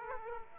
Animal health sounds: mosquito wingbeat signal from an infrared sensor; Aedes aegypti

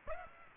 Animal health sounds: mosquito wingbeat signal from an infrared sensor; Aedes aegypti

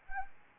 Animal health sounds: mosquito wingbeat signal from an infrared sensor; Anopheles arabiensis

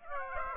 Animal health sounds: mosquito wingbeat signal from an infrared sensor; Aedes aegypti

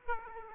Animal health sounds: mosquito wingbeat signal from an infrared sensor; Aedes aegypti

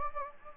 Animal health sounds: mosquito wingbeat signal from an infrared sensor; Anopheles gambiae

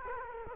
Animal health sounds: mosquito wingbeat signal from an infrared sensor; Culex quinquefasciatus

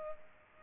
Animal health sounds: mosquito wingbeat signal from an infrared sensor; Culex pipiens

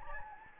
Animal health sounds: mosquito wingbeat signal from an infrared sensor; Anopheles gambiae

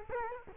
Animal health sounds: mosquito wingbeat signal from an infrared sensor; Culex quinquefasciatus

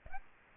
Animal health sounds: mosquito wingbeat signal from an infrared sensor; Aedes aegypti

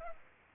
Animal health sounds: mosquito wingbeat signal from an infrared sensor; Culex pipiens

